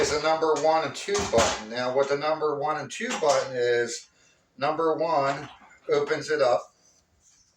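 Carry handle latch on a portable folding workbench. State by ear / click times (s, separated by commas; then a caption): not seated / none. Someone talks while handling the carry handle latch on a portable Tough Built folding workbench, which opens with button number one. The handle has not yet latched; nothing has seated or clicked by the end of the clip.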